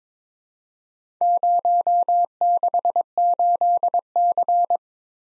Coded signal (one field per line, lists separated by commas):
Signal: Morse code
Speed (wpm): 22 wpm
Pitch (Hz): 700 Hz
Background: none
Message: 068C